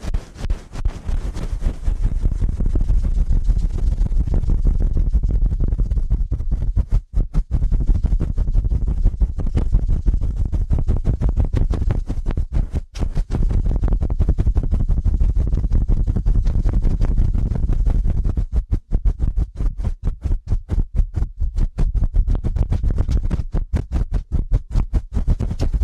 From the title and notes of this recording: ASMR Ear Cleaning at Helicopter Speed.